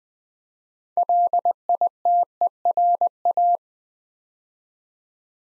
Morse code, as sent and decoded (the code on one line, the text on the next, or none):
.-.. .. - . .-. .-
LITERA